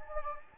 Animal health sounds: mosquito wingbeat signal from an infrared sensor; Anopheles gambiae

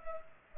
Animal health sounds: mosquito wingbeat signal from an infrared sensor; Culex pipiens

